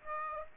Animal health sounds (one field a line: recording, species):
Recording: mosquito wingbeat signal from an infrared sensor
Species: Aedes aegypti